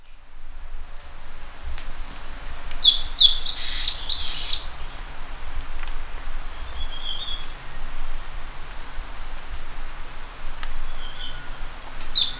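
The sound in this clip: Bird gives a brief burst of high, clipped chirps, followed by faint scattered notes, over continuous low hum and hiss.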